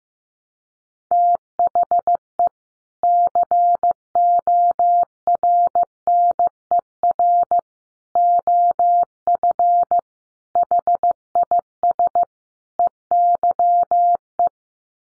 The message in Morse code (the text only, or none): THE CORNER OF HIS EYE